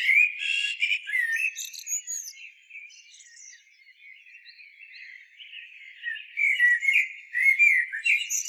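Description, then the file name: Common blackbird song with mellow fluted warbling and thin high squeaks, a quieter rambling stretch midway before louder phrases resume. "Turdus merula"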